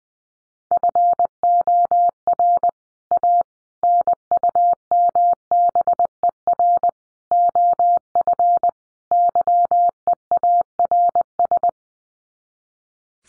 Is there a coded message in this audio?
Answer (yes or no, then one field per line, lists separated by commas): yes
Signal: Morse code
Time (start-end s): 0.7-11.7 s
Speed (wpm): 20 wpm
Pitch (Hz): 700 Hz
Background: none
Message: FOR A NUMBER OF YEARS